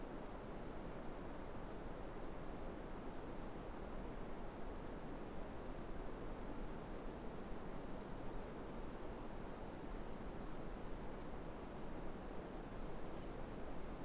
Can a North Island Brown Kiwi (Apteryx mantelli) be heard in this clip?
no